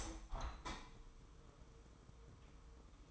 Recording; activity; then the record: daily activity, microphone in the room; open window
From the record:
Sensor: 1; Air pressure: 999.8 hPa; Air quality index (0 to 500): 231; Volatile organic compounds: 92 ppm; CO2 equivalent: 3698 ppm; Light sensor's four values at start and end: 10/25/10/11 and 10/26/10/11